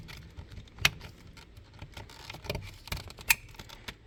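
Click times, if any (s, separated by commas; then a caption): 0.9 s. A replacement ignition switch for a 2006 Acura TSX (Honda/Acura), being fitted to fix a buzzing when trying to start, is slid back into the steering column housing and pushed home. It clicks into place with a sharp, loud click at 0.9 s, over faint rustling and handling noise. Smaller taps follow at about 2.5, 2.9 and 3.3 s, and the switch is seated.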